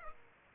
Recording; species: mosquito wingbeat signal from an infrared sensor; Aedes aegypti